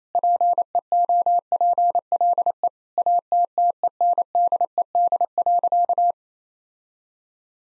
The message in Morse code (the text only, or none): PEOPLE ATTENDED.